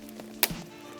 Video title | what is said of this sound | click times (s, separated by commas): How to Build a Gaming PC in 2021 | clicks there you go | 0.4 s